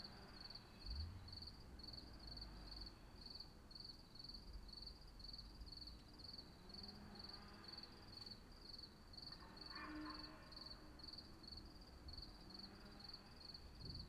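Cricket chirping in steady, short repeated pulses, with low rumbling background noise.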